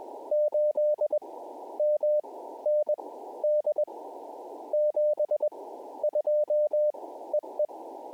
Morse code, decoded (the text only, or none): 8MND 72 EE